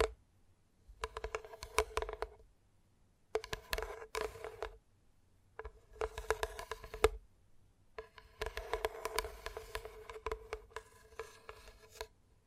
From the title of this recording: ASMR Gentle Tapping